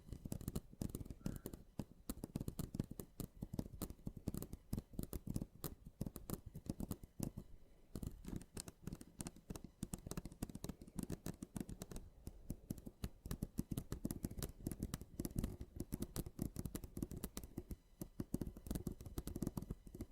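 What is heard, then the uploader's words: Mini scratching fills the clip as a dense, rapid stream of short, dry ticks and rasps that crowd the low and middle range. The pace stays busy and uneven throughout, with brief thinner moments near seven and twelve seconds. ASMR Mini Scratching (NO TALKING).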